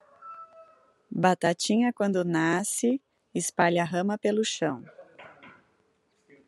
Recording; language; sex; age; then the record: short text; Brazilian Portuguese; female; 40 to 49 years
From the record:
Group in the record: control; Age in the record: 42 years